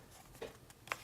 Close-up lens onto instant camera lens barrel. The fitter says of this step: and you hear a snap and that stays in there so